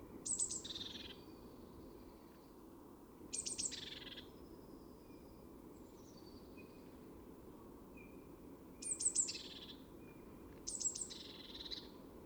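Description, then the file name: Eurasian blue tit calls: four bursts of high, buzzy notes at uneven intervals, with faint thin whistles between them over a steady low hiss. "Cyanistes caeruleus"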